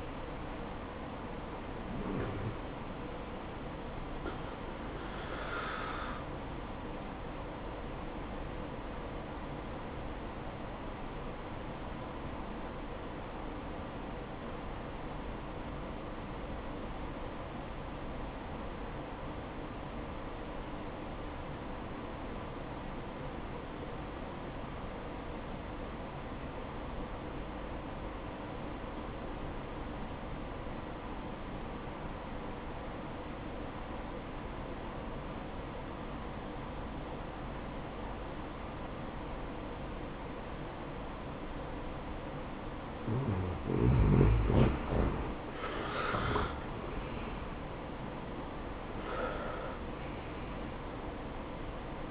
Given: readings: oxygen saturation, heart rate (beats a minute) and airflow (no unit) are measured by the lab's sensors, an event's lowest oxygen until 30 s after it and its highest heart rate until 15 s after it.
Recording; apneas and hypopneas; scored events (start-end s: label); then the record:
breathing in sleep by a voice recorder at the bedside; 1
14.00-45.60 s: obstructive apnea (N1, oxygen 95% highest, then 85% lowest, heart rate 64 at the start, 80 highest)
17.00-47.00 s: new sleep stage, N2 (light sleep)
47.00-52.11 s: new sleep stage, N1 (lightest sleep)
From the record:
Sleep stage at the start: N1 (lightest sleep); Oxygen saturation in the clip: 84 to 95%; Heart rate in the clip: 62 to 77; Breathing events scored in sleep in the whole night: 573 in 9.8 hours asleep